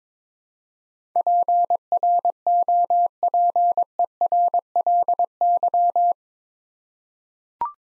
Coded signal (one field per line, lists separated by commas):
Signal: Morse code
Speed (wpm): 22 wpm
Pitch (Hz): 700 Hz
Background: none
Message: PROPERLY